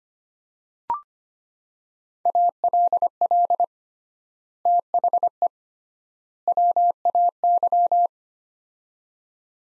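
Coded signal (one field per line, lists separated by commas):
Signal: Morse code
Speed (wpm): 25 wpm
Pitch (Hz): 700 Hz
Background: none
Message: ALL THE WAY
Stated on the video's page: Morse practice of three-word sets at 25 wpm with 3x word spacing, a Farnsworth-like method for head-copy training.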